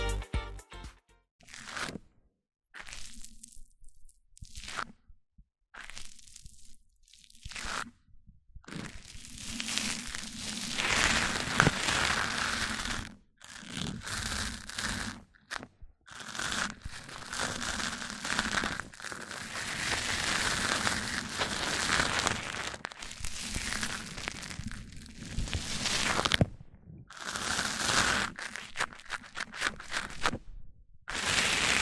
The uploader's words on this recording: ASMR MIC ON MIC Triggers Richer Sounds, Intense Tingles! (No Talking).